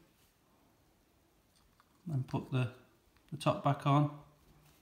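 The plastic top cover of a Ford Fiesta (Focus, Mondeo, S-Max type) remote key fob is being put back onto the fob body after a battery replacement, with a faint tick of handling at 1.8 seconds. Someone talks from about 2 seconds to the end. The clip ends before the cover goes home, so nothing has seated or clicked yet.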